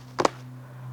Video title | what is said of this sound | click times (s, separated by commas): Silver Cross Breez, Nia & Cove 2 Bassinet Setup Guide - Fold & Unfold Correctly | I felt and I heard it click, and now we're gonna have the option to go ahead and | 0.2 s